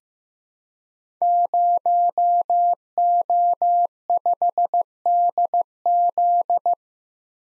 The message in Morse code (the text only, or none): 0O5DZ